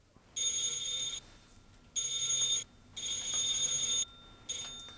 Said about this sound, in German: Sie müssen 3-mal lang und 1-mal kurz klingeln. Sonst macht er nicht auf.